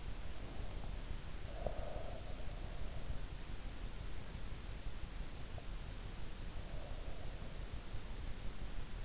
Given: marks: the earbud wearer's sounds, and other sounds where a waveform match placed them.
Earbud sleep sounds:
sounds in sleep by an in-ear microphone; breath
1.45-2.56 s: breath

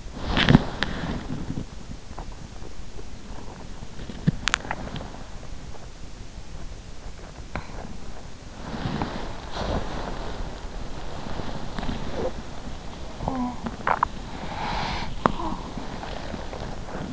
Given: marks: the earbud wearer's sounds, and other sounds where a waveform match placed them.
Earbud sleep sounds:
sounds in sleep by an in-ear microphone; body movement, swallowing
0.00-5.67 s: body movement
6.46-8.17 s: swallowing
8.46-17.13 s: body movement

